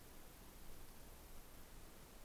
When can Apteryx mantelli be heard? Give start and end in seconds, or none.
none